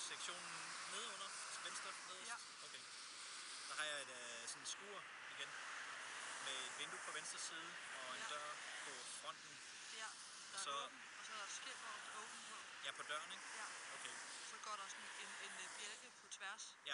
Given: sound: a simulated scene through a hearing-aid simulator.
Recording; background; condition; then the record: conversation; traffic; 0 dB SNR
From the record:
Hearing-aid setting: IV (slow-acting compression, loudness normalization); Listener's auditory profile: B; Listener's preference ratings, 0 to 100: 56, 79, 63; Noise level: 75 dB SPL